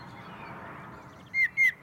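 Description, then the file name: Common blackbird: after a steady low hum, two brief whistled notes sound in quick succession at the end. "Turdus merula"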